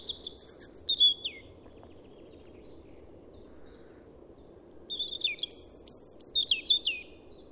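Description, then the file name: European robin, high thin twittering phrases of sharp descending notes in two bursts separated by a pause, with a low steady background hum. "Erithacus rubecula"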